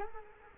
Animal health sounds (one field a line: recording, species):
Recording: mosquito wingbeat signal from an infrared sensor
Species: Culex quinquefasciatus